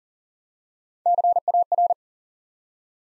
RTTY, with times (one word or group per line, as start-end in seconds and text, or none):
none